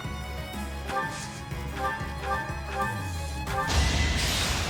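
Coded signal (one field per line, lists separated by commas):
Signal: none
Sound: video game menu sounds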